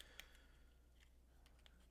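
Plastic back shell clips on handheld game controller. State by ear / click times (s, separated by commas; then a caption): released / 0.0 s, 0.2 s, 1.7 s. A spudger is run along the seam of the plastic back shell of a handheld game controller, and its corner clips release with sharp little clicks at 0.0, 0.2 and 1.7 seconds. Faint scraping runs between them over a steady low hum, and the shell clips pop open.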